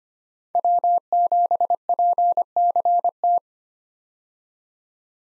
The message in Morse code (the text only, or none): W7PCT